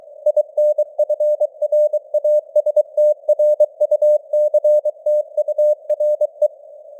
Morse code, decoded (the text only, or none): INFRASTRUCTURE